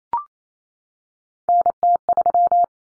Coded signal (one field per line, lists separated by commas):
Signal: Morse code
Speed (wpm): 28 wpm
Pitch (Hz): 700 Hz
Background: none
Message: NT3